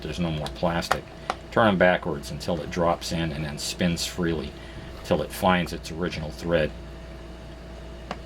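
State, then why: Seated. Someone talks while a screw is turned backwards in the plastic housing of a garage door opener receiver until its thread drops into the original thread, so it doesn't cut a new thread in the plastic. A short, sharp click at 8.1 s marks the thread dropping into place, and the screw is seated.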